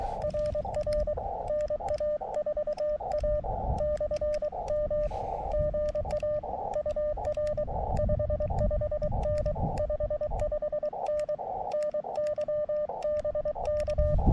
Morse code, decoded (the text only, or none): RR NA4A /M GA UR 55N 55N NYBK